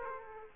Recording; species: mosquito wingbeat signal from an infrared sensor; Aedes aegypti